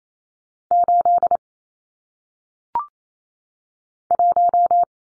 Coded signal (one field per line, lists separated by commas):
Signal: Morse code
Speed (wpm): 28 wpm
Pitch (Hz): 700 Hz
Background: none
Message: 8 1